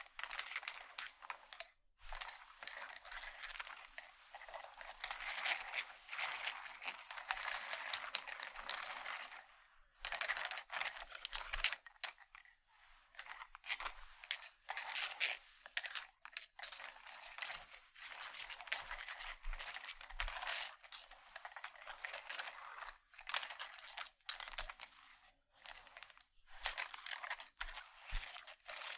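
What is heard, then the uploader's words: Wooden objects are tapped, rubbed and handled in a close, steady stream of dry clicks and scratchy rustles, bright and thin with almost no low end. Brief silent gaps break the flow near 2, 10, 12 and 16 seconds. ASMR Wooden Triggers 1hour（No Talking）.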